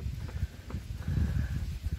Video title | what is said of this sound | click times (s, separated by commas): 2019 RAM Led Headlight 2500 Hd Low Beam Upgrade | this essentially just cover it goes in here and snaps in place right | 0.7 s